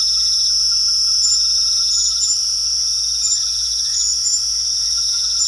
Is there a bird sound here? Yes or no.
no